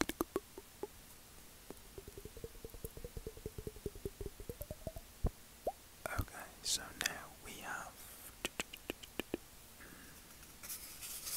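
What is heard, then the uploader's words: Wet mouth sounds: quick clicks and pops, many in a row during the first five seconds, with a low hum rising under them. After about six seconds come brighter smacks, lip pops and hissy breathy bursts, then a short airy hiss near the end. ASMR Mouth Sounds.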